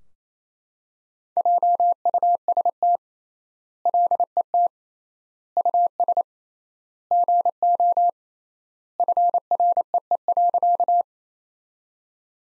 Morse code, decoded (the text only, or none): JUST LET US GO FREE.